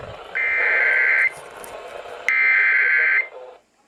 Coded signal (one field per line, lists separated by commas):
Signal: Emergency Alert System (SAME) tones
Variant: header bursts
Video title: RALEIGH'S BULLSHIT SURPRISE!!! EAS Alerts from 8/21/19 (EAS #3,234 - 3,255)